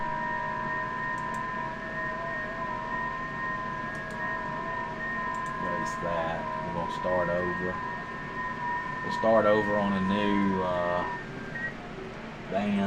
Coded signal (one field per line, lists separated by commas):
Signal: FT8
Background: speech